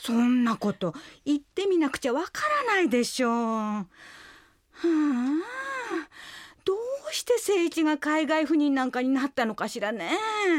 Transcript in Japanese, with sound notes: そんなこと、行ってみなくちゃ分からないでしょう…。 （ため息） どうして清一が海外赴任なんかになったのかしらねえ…。